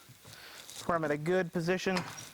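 Someone talks while handling the spring pop pin on a hip thrust machine, with the pad being lowered toward a good position over the pin's metal adjustment holes. Only faint low thumps sit under the speech, and the pin has not yet clicked into a hole by the end of the clip.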